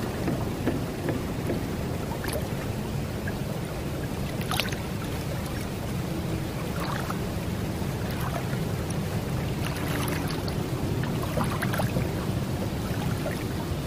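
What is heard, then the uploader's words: Ambience from a fog-laden lake: a steady, dense low rumble holds at an even level throughout, like wind or a motor over the water. Brief bright ticks and splashes break through now and then, near the second, fifth, seventh, tenth and twelfth seconds. Eldritch Lake: ambient horror soundscape. We find the party on a small sail boat, looking out onto a fog laden lake.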